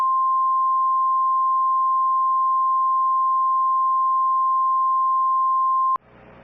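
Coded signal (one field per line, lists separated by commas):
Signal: Emergency Alert System (SAME) tones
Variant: 1050 Hz attention tone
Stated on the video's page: Fictional scenario alerts about nuclear power plant explosions near Valdez and Cordova, Alaska.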